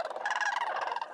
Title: Sandhill Cranes